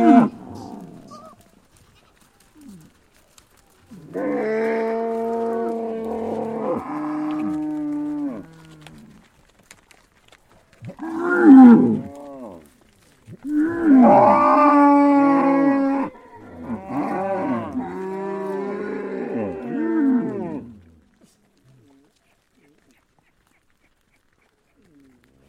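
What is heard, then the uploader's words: A cow moos in a string of long, drawn-out calls: one from about 4 to 9 seconds, then several more between 11 and 20 seconds, rising and bending in pitch. Short quiet gaps separate them, and the last few seconds are silent. From solo performances that resonate with tranquility to the group harmonies that echo through the fields, witness the expressive range of cow mooing.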